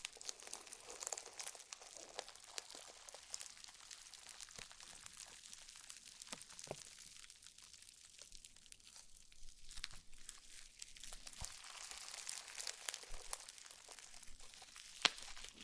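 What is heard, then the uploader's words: Slime being squished and handled gives a dense, continuous run of fine crackling and sticky popping, mostly bright and crisp with little low end. Small clicks and pops arrive rapidly and irregularly throughout, with a slightly quieter stretch around the middle and a sharper snap near fifteen seconds. ASMR SLIME SATISFYING - NO TALKING.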